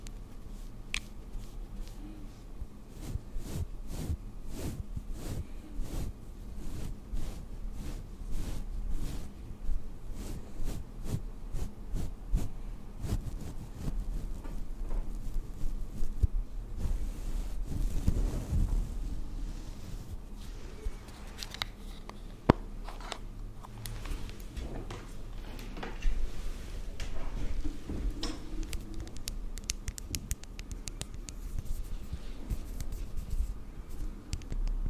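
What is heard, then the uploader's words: Makeup being applied to a face, heard in first person: quick, irregular taps and clicks fill the first half over a low, steady rumble. A soft brushing swell rises around 18 seconds, then sparser dabs and scratchy strokes follow, with one sharp click near 22 seconds. ASMR First person Makeup On Your Face(No Talking).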